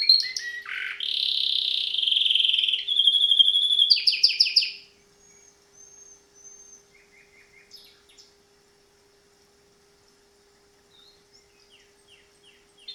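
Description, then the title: Domestic canary song of chirps and loud rolling trills for about five seconds, followed by near quiet with a few faint soft notes. Male Belgian canary singing a lot; canary training to warm up a young bird within 30 minutes. "Canary Training Esquente Seu Filhote E Canario Belga Em 30 Minutos Macho Cantando Muito"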